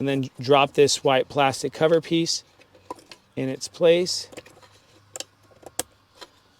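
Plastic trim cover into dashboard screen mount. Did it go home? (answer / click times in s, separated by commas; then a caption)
yes / 5.8 s. Someone talks while a white plastic cover piece is dropped into its place on a Hansshow swiveling dashboard screen mount kit for a Tesla Model Y and Model 3. After a few light taps and rattles, it is pressed home and clips into place with a sharp click at 5.8 seconds.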